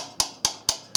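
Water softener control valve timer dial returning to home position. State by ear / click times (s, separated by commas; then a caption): not seated / none. A water softener control valve timer dial with a white dot is turned by hand toward its home, in-service position. Four sharp, evenly spaced clicks are heard as it turns, at about 0.2, 0.4, 0.7 and 1.0 seconds. The dial has not yet clicked into its home position.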